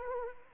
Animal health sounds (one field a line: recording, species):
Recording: mosquito wingbeat signal from an infrared sensor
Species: Anopheles arabiensis